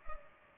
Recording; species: mosquito wingbeat signal from an infrared sensor; Culex pipiens